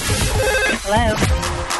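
A telephone ringing: a steady electronic tone followed by a warbling, trilling ring pattern, moderately loud over a busy background.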